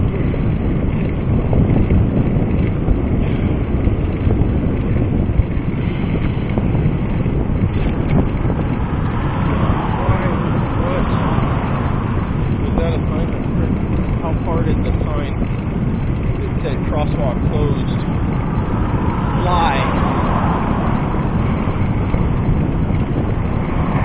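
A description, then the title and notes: A bike ride downhill along Barbur, with a steady, dense low roar of wind and rolling road noise throughout and nothing above the midrange. Faint passing traffic swells through it, with brief thin squeaks or voice-like bits around ten to twelve seconds and near twenty. Barbur.northbound-viaducts. I usually don't ride this section of Barbur downhill since the bike lanes vanish over the viaducts.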